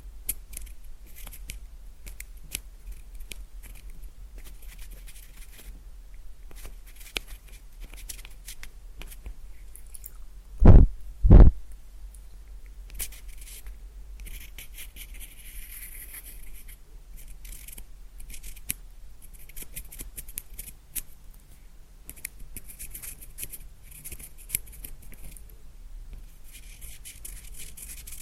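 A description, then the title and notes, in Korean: Soft, sparse mouth clicks and crackles rubbed against a pin mic over a low steady hum, with two loud bumps near eleven seconds. 입소리폭탄 핀마이크 괴롭히기.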